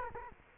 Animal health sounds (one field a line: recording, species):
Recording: mosquito wingbeat signal from an infrared sensor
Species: Culex quinquefasciatus